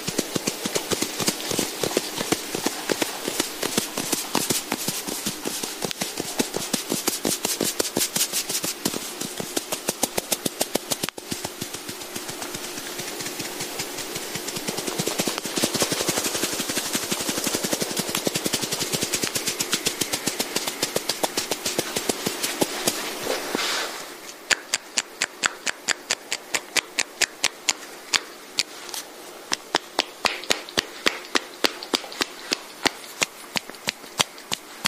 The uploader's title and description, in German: sanfte Massageklänge. Klänge der Massageinstrumente